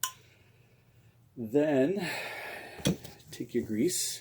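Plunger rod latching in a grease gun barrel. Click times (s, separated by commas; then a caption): 0.0 s. A grease gun's T-handle plunger rod is pulled all the way back, after pressing the release tab, until it locks into place in the barrel, giving a sharp metallic clink at 0.0 s as it latches. The rod is locked back, and then someone talks, with a couple of brief fainter knocks around 2.9 s and 3.1 s.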